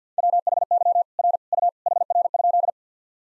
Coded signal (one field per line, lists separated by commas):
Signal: Morse code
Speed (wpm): 50 wpm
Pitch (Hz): 700 Hz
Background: none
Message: WHY R U HR?